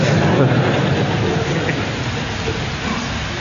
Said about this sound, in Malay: Masya Allah, Allahumma sayyiban nafi'a hujan.